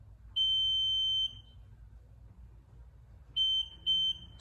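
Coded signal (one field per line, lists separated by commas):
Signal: beep code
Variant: Hansshow power trunk controller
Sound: one long high-pitched beep, a pause, then two short beeps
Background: low rumble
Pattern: 1 long, 2 short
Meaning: First beep signals setup mode; following beeps count speed settings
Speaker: you'll hear these series of beats panel the first beat tells you that you're in setup mode then it'll give you a series of beeps like two beats three beats four beeps five beeps I believe six beats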